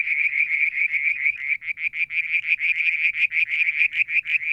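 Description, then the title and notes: Frogs calling in a continuous fast string of pulsed high notes, steady in pitch throughout. Evening near a water tank at Mount Wilson, New South Wales, Australia, July 2022. "Frog song, Mount Wilson, New South Wales, Australia in July 2022 – by Alexander Moffatt. Limnodynastes Peronii, Litoria Verreauxii and a mystery frog one evening near the water tank"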